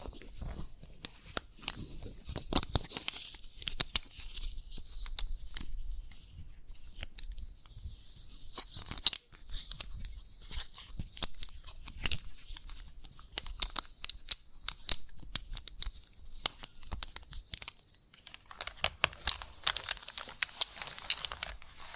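Chalk being tapped, scratched and carved, a dense run of sharp clicks and crisp scraping strokes that carries on throughout. Hits come irregularly, sometimes in quick clusters, with a bright grainy hiss between them and brief quieter gaps around 9 and 18 seconds.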